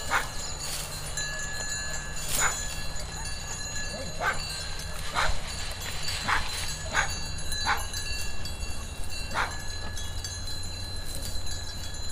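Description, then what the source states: Sheep chewing, a run of sharp crackling crunches at uneven intervals, some louder than others, with a low steady background hum. Sheep ruminating; field recording in a green meadow at Caldas de São Paulo, Oliveira do Hospital.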